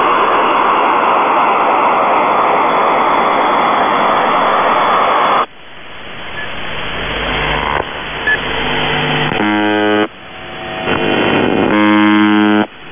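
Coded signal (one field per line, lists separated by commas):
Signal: channel marker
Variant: UVB-76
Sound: radio hiss, then irregular harsh droning buzzes with clicks and dropouts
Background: radio static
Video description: "The Buzzer" is a Russian military radiostation that broadcasts on 4625 kHz.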